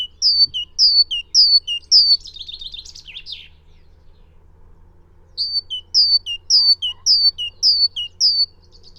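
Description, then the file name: Great tit song: high two-note 'tea-cher' phrases repeated quickly, then a buzzy churring rattle, a pause, and another run of several clear two-note phrases. "Parus major"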